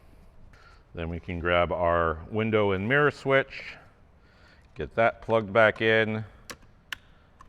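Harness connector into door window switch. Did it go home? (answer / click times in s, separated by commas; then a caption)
yes / 6.9 s. Someone talks while the wiring harness plug is pushed into the window and mirror switch on the door of a 2016–2023 Toyota Tacoma during a sound deadening kit install. A sharp click at 6.9 s marks the connector seating in the switch, with fainter ticks around it at 6.5 s and 7.4 s.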